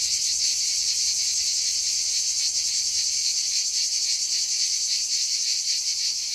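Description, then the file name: Cicada song, an unbroken sizzling high buzz held at even strength throughout, with a slight rapid throb. "CHANT CIGALE"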